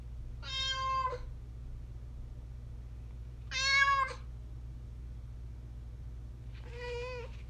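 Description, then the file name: Domestic cat meowing three times, harmonic-rich cries about three seconds apart, over a steady low hum. "miso maddening meows"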